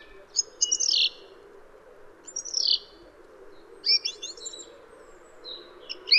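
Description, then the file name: Song thrush song: short bursts of varied, high chirping and trilled phrases separated by pauses, over a steady low background hum. "suara kicauan burung song thrush. omkicau"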